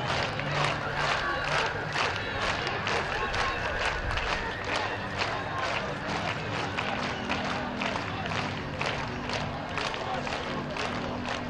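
A protest crowd in Belarus claps in a fast, fairly regular rhythm for the whole twelve seconds, with voices murmuring and calling underneath. The din stays dense and steady throughout, with a low droning tone running beneath it.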